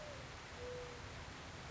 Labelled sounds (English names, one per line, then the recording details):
Mourning Dove
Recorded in Sonoma County, California